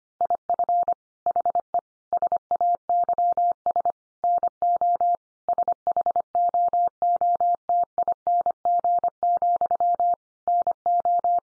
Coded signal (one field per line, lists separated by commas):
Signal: Morse code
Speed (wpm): 25 wpm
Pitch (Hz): 700 Hz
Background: none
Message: IF HE SAYS NO SHOOTING, NO